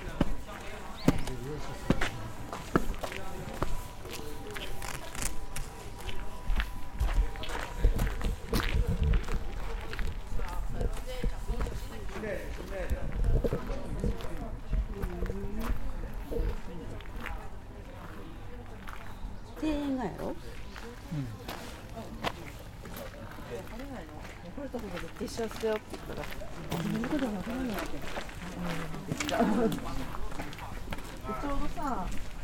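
Walking through Nijō Castle in Kyoto, with people's voices talking and overlapping for the whole half minute. Sharp footstep clicks and crunches come often and irregularly over the chatter, and a faint steady tone hums beneath during the first ten seconds.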